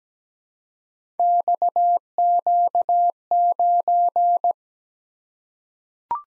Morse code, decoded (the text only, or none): XQ9